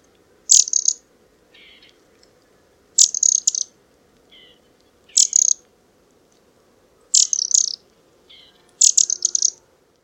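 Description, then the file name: Eurasian wren calls: five short, harsh, high-pitched bursts roughly every two seconds, with softer, lower single notes between them. "Troglodytes troglodytes"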